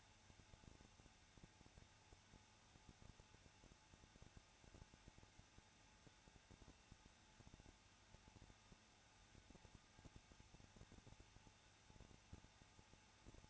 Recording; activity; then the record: daily activity, microphone in the room; no activity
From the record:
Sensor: 2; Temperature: 21.0 degrees Celsius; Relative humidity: 34.2%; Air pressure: 994.4 hPa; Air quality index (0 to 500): 171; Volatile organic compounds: 3 ppm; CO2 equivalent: 1331 ppm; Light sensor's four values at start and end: 2/3/2/2 and 2/3/2/2